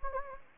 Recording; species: mosquito wingbeat signal from an infrared sensor; Anopheles gambiae